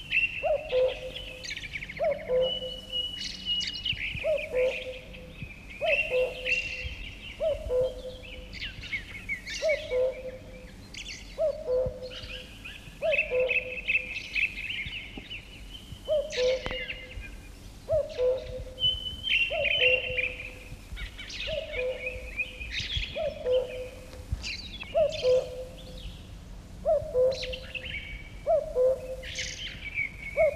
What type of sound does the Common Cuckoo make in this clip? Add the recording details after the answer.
song. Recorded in the wild. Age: adult. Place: Gerlitzen, Kärnten, AT. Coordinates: 46.693, 13.917. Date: 1971-05-12. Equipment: Uher 4100 Report-V. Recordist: Brunner, Thomas. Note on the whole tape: Gesang eines Kuckucks